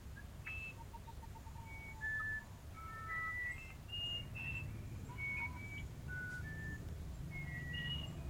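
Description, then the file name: Musician wren singing clear whistles that jump between low and high pitches, with an early rapid string of short low notes, against constant low background noise. "uirapuru"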